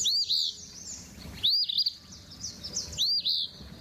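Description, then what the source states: Eastern Phoebe singing its raspy, two-part burry phrases, three repeated about every one and a half seconds, high and buzzy with a quick rising-falling shape. Song heard every spring over most of Canada and about half of the U.S.; described as raspy and name-saying.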